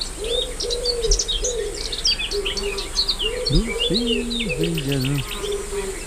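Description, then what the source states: Wood pigeon cooing in low, soft, hooting notes, the lower coos falling in pitch midway, over a dense chorus of small songbirds and steady insect buzzing. Cooing in five-note phrases, rendered as 'dulce Jesús'; at La Rocina in Doñana, where the Guadalquivir marshes begin, in a tangled thicket with songbirds and buzzing insects.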